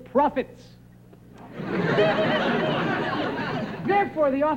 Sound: soundbite of laughter

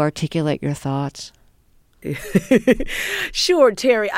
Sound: soundbite of laughter

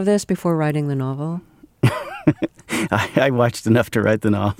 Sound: laughter

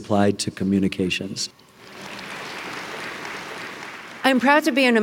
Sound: applause

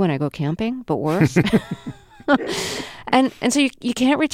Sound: soundbite of laughter

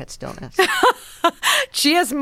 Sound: laughter

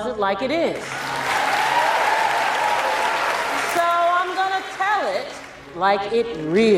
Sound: applause

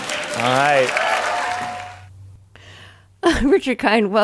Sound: cheering

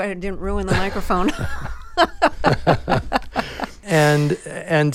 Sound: laughter

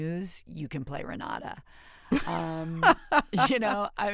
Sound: laughter

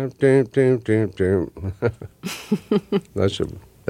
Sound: soundbite of laughter

